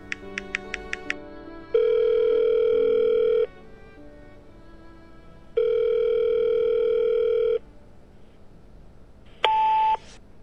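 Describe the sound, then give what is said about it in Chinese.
A quick series of dialing beeps, then two long, steady ringback tones separated by pauses, and finally a short electronic beep as the call connects. No voices are heard. “电话响了半天才接通。”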